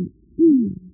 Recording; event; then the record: neck accelerometer signal played as sound; no cough (speech, laughter, throat clearing or background)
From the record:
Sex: female